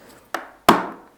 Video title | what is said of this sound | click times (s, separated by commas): Building Hogwarts Castle - Part 17 | you go click into place ah | 0.3 s, 0.7 s